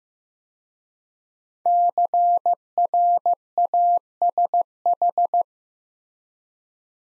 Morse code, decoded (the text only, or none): CRASH